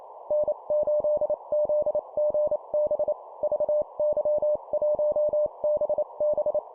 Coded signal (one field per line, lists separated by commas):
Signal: Morse code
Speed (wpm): 28 wpm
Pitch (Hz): 600 Hz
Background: none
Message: N8ZGB VY1BB